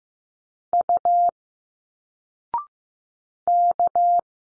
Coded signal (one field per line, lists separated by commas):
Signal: Morse code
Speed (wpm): 15 wpm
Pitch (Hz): 700 Hz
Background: none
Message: U K